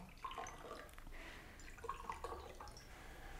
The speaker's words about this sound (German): Die Flaschen stehen dort drüben in dem Schränkchen. Haben Sie was dagegen, wenn ich mir auch einen Whisky einschenke?